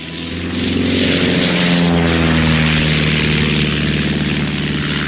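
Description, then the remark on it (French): A propeller airplane engine drones steadily and loudly during a first flight (air baptism), its low harmonic hum holding a constant pitch with a slight rising shift, over a broad rushing wash of air and prop noise. “Un avion, c'est plus difficile à conduire qu'une voiture?”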